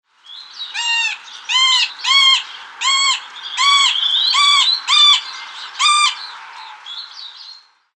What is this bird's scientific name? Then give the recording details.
Dendrocopos medius. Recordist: Tembrock, Günter. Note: Rufreihe